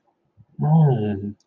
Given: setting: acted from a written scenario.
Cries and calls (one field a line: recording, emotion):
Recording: vocal sound without words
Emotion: realization